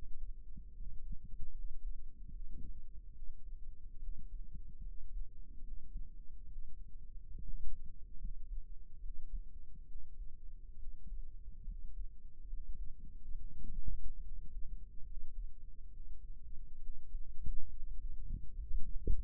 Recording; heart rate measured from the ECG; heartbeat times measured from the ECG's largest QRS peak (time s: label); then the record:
heart sounds by microphone in the right ear; 71 bpm
0.74 s: heartbeat
1.52 s: heartbeat
2.30 s: heartbeat
3.13 s: heartbeat
4.00 s: heartbeat
4.82 s: heartbeat
5.62 s: heartbeat
6.47 s: heartbeat
7.33 s: heartbeat
8.18 s: heartbeat
9.00 s: heartbeat
9.86 s: heartbeat
10.77 s: heartbeat
11.65 s: heartbeat
12.47 s: heartbeat
13.35 s: heartbeat
14.22 s: heartbeat
15.05 s: heartbeat
15.90 s: heartbeat
16.80 s: heartbeat
17.70 s: heartbeat
18.55 s: heartbeat
From the record:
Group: healthy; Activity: cold pressor test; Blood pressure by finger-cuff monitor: 99/70 mmHg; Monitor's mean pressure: 80 mmHg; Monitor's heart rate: 71 bpm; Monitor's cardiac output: 5.9 L/min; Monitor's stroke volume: 84 mL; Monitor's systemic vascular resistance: 1010 dyn s/cm5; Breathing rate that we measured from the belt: 18 breaths a minute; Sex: male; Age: 22 years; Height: 181 cm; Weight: 79 kg